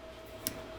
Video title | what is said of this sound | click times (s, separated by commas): Project ARchi3 Episode 6 J1 Encoder | this should just go in with just the lightest of fingertip pressure and you'll feel it and hear it click | 0.5 s